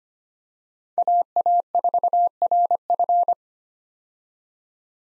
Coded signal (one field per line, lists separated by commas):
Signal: Morse code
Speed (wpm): 25 wpm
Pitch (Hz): 700 Hz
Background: none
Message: AA4RF